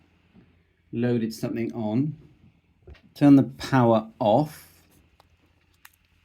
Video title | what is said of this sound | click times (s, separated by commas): NEXTION IMAGE - BOOT UP & LEARNING | you put the the SD card but you do take it out when it's finished so the SD cards in it clicks into place | 5.8 s